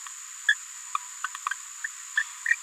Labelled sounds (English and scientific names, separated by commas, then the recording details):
Green-rumped Parrotlet (Forpus passerinus) babbling
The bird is a female
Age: 27 days
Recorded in a nest box in Venezuela
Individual 17B73B2